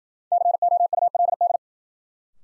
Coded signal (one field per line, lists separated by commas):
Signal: Morse code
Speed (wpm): 56 wpm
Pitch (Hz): 700 Hz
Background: none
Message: COULD